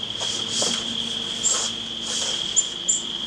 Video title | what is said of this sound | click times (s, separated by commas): Install Window Security Shutter Pt 2 of 3 | slide it in and they lock into place | 2.9 s